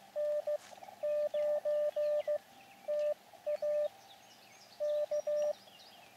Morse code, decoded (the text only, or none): N9TA K